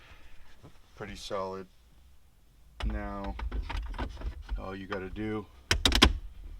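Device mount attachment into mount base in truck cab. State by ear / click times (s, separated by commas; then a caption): seated / 5.7 s, 5.9 s, 6.0 s. Inside a Toyota Tacoma cab, a Bulletpoint phone mount attachment is pushed onto its mount base after the base has been tightened down. Someone talks, then a quick series of sharp clicks at 5.7, 5.9, 6.0 and 6.0 seconds is heard as the attachment clicks back into place. The attachment is seated, giving a satisfying click.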